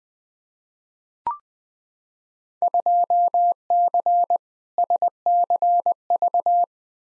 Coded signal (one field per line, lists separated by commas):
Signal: Morse code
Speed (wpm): 20 wpm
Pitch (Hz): 700 Hz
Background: none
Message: 2C SCV